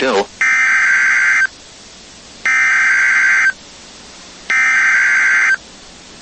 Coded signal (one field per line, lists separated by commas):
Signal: Emergency Alert System (SAME) tones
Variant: header bursts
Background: speech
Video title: NOAA Weather Radio · WXK80 Lafayette, Louisiana · EAS #10 · Tornado Warning · 12/28/24